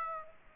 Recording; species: mosquito wingbeat signal from an infrared sensor; Aedes aegypti